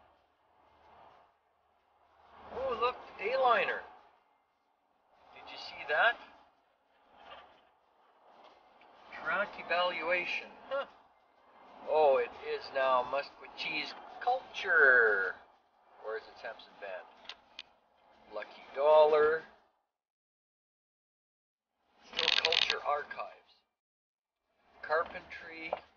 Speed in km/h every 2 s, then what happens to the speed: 63, 61, 59, 57, 55, 54, 52, 50, 48, 46, 44, 42, 41.
0-26 slows to 41.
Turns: none.